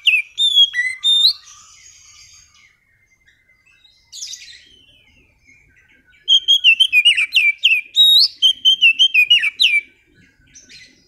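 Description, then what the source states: Oriental magpie-robin singing loud whistled phrases, pausing with quieter twitters, then a long energetic run of rising and falling whistles. Master recording used as a lure to prompt a kacer that has stopped singing to sing again.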